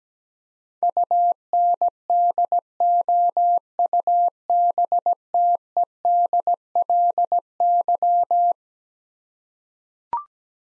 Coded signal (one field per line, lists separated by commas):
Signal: Morse code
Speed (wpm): 17 wpm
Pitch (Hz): 700 Hz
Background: none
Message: UNDOUBTEDLY